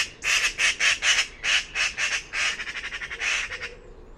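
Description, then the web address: Bird giving a fast series of many harsh, raspy pulsed squawks that quicken and shorten toward the end, then stop. "cianscape birddata Deverinetal 2025 Bird Only Pi Pi Pi Pi"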